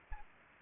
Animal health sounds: mosquito wingbeat signal from an infrared sensor; Aedes aegypti

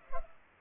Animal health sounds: mosquito wingbeat signal from an infrared sensor; Culex pipiens

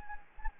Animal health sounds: mosquito wingbeat signal from an infrared sensor; Anopheles gambiae

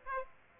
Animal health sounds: mosquito wingbeat signal from an infrared sensor; Aedes aegypti

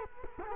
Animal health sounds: mosquito wingbeat signal from an infrared sensor; Culex quinquefasciatus

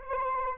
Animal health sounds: mosquito wingbeat signal from an infrared sensor; Anopheles arabiensis

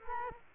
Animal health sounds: mosquito wingbeat signal from an infrared sensor; Culex quinquefasciatus

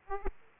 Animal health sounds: mosquito wingbeat signal from an infrared sensor; Aedes aegypti

